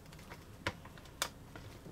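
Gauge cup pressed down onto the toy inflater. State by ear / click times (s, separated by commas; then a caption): seated / 0.7 s, 1.2 s. The plastic gauge cup on an Oonies toy balloon inflater by Moose Toys is pushed down onto the pallet until it clicks. Two sharp, short clicks stand out at 0.7 s and 1.2 s among softer small taps. The gauge cup seats with a faint click.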